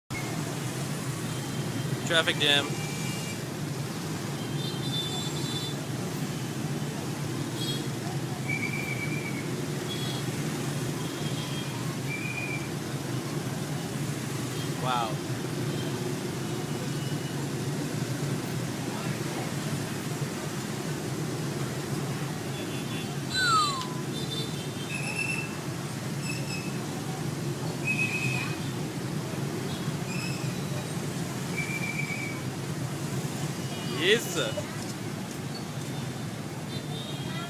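Dense motorbike traffic idles and rumbles steadily in a jam, with scattered short horn beeps throughout and sharp clatters near 2, 23 and 34 seconds.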